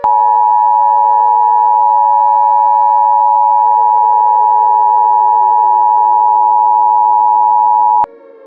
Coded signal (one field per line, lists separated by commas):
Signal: Emergency Alert System (SAME) tones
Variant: 853 and 960 Hz attention tone